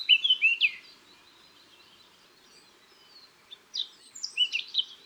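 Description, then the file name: Eurasian blackcap: songbird giving a short quick warble, a long quiet gap with background hiss, then another burst of rapid varied notes. "Sylvia atricapilla"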